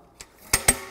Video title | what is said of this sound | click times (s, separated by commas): Product Spotlight: FLEXstand | and pull and you can hear the clicks those are positive stops on this side | 0.5 s, 0.7 s